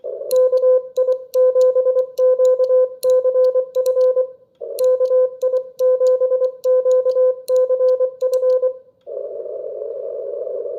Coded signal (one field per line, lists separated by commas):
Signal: Morse code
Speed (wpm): 23 wpm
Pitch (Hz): 510 Hz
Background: none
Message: KI7QCF KI7QCF